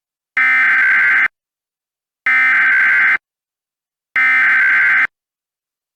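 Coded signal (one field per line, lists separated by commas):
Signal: Emergency Alert System (SAME) tones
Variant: header bursts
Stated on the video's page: Recreated mock Montana Amber Alert made in DASDEC style.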